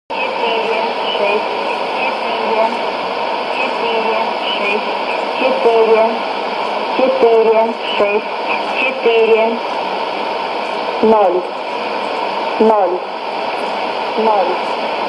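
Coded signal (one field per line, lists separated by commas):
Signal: numbers station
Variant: S06s, Russian female voice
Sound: short spoken words at regular intervals from a female voice, buried in shortwave hiss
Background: radio static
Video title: 31 05 2017 Numbers station S06s Russian Lady in Russian to Eu 0832 on 11565 unknown tx site in CUSB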